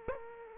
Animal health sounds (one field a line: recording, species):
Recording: mosquito wingbeat signal from an infrared sensor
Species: Aedes aegypti